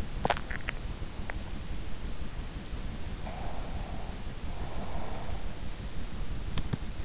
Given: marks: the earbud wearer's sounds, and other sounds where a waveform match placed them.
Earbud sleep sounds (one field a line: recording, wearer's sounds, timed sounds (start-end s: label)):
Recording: sounds in sleep by an in-ear microphone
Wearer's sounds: swallowing, breath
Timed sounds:
0.00-1.42 s: swallowing
3.20-5.48 s: breath